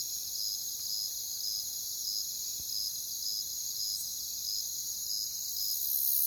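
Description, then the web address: Crickets pulse evenly over a shrill, continuous insect chorus, growing a little louder toward the end. "WLL Grade 1-12 Pre-Uni Library Natures Songs Sleep Sounds of Nature CRICKETS Crickets"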